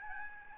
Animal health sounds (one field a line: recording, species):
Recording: mosquito wingbeat signal from an infrared sensor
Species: Aedes albopictus